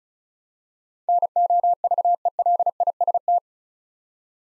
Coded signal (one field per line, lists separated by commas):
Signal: Morse code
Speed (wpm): 34 wpm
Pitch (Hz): 700 Hz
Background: none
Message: NOVELIST